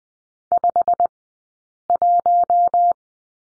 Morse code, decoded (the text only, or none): 51